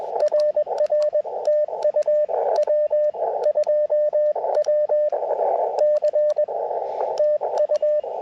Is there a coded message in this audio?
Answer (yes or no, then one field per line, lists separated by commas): yes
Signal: Morse code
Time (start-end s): 0.2-8.0 s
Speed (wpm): 20 wpm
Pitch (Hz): 600 Hz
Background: radio noise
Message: RR TU W2WC TU